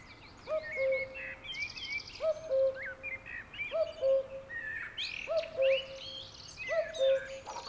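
Cuckoo calling a two-note falling cu-coo about every one and a half seconds, five times, with other birds chirping and twittering throughout.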